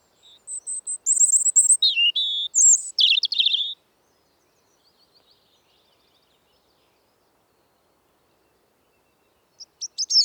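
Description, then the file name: European robin singing high, thin whistled notes and falling slurs, then a fast twittering run, followed by silence and the first notes of another phrase. "Erithacus rubecula"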